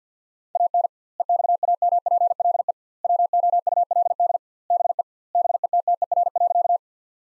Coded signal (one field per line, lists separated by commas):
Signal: Morse code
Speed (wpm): 50 wpm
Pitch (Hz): 700 Hz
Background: none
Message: AN EXAMPLE WOULD BE BETTER.